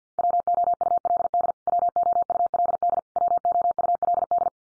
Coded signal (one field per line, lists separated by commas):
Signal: Morse code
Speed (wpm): 50 wpm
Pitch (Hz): 700 Hz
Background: none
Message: WOULD WOULD WOULD